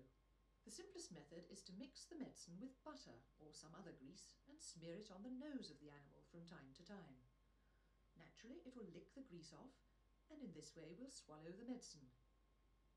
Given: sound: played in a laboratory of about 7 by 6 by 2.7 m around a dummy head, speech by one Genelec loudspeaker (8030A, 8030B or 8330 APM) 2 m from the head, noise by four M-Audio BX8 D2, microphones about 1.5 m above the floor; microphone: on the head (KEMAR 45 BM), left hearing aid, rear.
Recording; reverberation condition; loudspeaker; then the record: female speech in English; low; 150 degrees to the right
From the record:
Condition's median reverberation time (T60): about 310 ms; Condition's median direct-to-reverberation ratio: about 3.5 dB